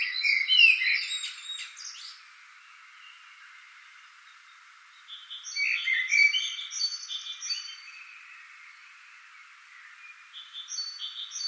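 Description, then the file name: Common blackbird song: a fluty phrase at the start and another warbled phrase midway, with another bird repeating short high notes alongside. "Turdus merula"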